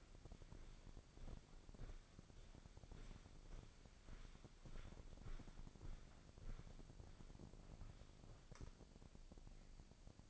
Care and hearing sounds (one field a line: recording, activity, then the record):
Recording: daily activity, microphone in the room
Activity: walk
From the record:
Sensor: 5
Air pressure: 1009.4 hPa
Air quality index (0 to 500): 152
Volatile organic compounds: 2 ppm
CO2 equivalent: 1176 ppm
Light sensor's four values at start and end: 369/883/379/422 and 368/879/378/420